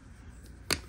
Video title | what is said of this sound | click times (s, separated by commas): DJI mic installation on motorcycle helmet and basic moto vlog setup | and with the bar magnets I'm then able to just pop into place | 0.7 s